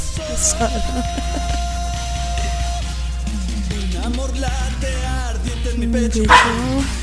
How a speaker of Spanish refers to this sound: Están los perros de fondo.